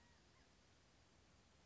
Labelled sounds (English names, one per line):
California Quail